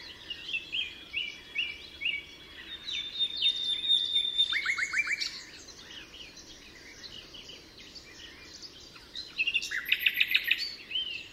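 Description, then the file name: Common nightingale song: varied whistled phrases with a long pure note and a burst of repeated slurred notes, then a quiet gap and a loud rattling phrase. Recorded at Altmühlsee on 27 April 2014. "Nachtigall. Altmuehlsee. Susanne Rieck"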